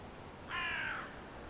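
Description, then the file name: Carrion crow giving a single harsh, drawn-out caw lasting about half a second, with nothing else audible around it. "Corvus corone"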